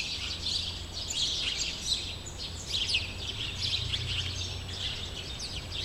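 Sparrows chirping: many overlapping high chirps and tweets from several birds throughout, over a steady low hum and background noise.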